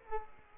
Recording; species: mosquito wingbeat signal from an infrared sensor; Culex quinquefasciatus